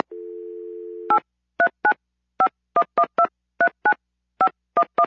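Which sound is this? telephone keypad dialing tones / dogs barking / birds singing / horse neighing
telephone keypad dialing tones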